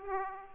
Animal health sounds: mosquito wingbeat signal from an infrared sensor; Aedes aegypti

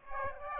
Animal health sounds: mosquito wingbeat signal from an infrared sensor; Aedes aegypti

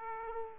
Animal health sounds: mosquito wingbeat signal from an infrared sensor; Aedes aegypti

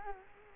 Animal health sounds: mosquito wingbeat signal from an infrared sensor; Culex quinquefasciatus

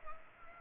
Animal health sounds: mosquito wingbeat signal from an infrared sensor; Culex pipiens

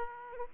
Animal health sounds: mosquito wingbeat signal from an infrared sensor; Aedes aegypti

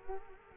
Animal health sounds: mosquito wingbeat signal from an infrared sensor; Culex quinquefasciatus

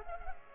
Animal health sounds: mosquito wingbeat signal from an infrared sensor; Culex pipiens

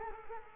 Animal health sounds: mosquito wingbeat signal from an infrared sensor; Culex quinquefasciatus

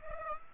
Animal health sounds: mosquito wingbeat signal from an infrared sensor; Aedes aegypti

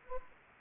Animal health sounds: mosquito wingbeat signal from an infrared sensor; Anopheles gambiae

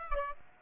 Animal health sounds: mosquito wingbeat signal from an infrared sensor; Aedes aegypti

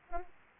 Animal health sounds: mosquito wingbeat signal from an infrared sensor; Aedes aegypti

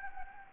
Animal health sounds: mosquito wingbeat signal from an infrared sensor; Anopheles gambiae

